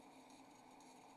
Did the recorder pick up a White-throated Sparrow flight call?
no